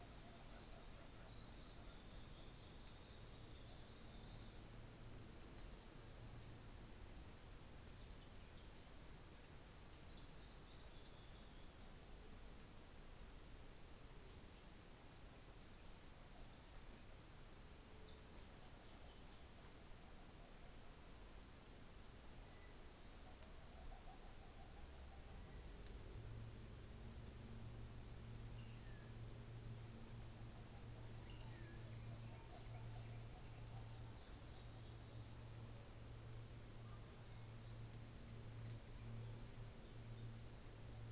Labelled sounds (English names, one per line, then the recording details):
North Island Saddleback
New Zealand Fantail
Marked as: faintness 5/5, faintness 2/5, faintness 3/5
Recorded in New Zealand on 24 December 2018
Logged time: 14:00